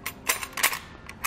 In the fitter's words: hook that's custom fit for the frame of our truck we're gonna push up until we hear a click there we